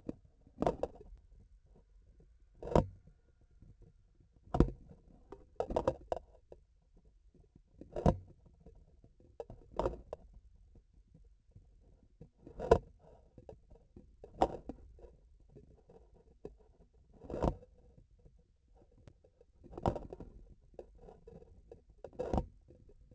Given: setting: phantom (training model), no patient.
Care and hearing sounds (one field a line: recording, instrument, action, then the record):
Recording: laparoscopic instrument, vibration sensor on the handle end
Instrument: grasping forceps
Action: opening and closing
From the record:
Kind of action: tool actuation without material contact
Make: Olympus